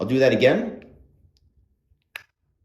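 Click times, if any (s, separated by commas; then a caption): 1.4 s, 2.2 s. Someone talks as the hinged plastic cover of a NOOK toothbrush holder is closed and then its front is pressed into the holder body. A faint click comes at 1.4 s and a sharp, louder click at 2.2 s. The cover and front latch seat shut with two clicks to protect the toothbrush from airborne bacteria and splashback.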